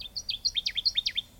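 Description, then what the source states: Connecticut Warbler singing a quick, loud phrase of high chipping notes, alternating up and down in a bouncy rhythm. Sings while concealed deep in a small spruce or tamarack; often seems low in a tree when actually perched high in the crown.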